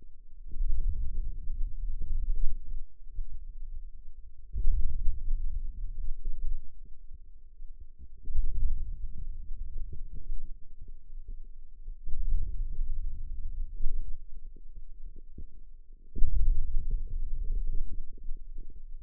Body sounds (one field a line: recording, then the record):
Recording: forearm muscle sounds (acoustic myography)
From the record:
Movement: hand opening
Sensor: system 2, bracelet of six BSWA MPA416 microphones around the upper forearm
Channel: 6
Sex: female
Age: 21 years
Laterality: right